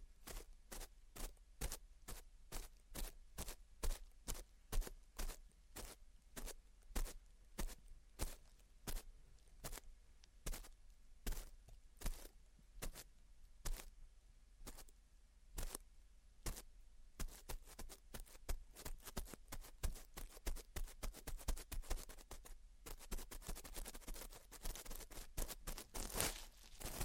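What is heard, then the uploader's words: Gentle, evenly spaced taps repeat for about seventeen seconds, then give way to faster, denser scratching and tapping that continues to the end. Gentle Tapping and Scratching. (No Talking).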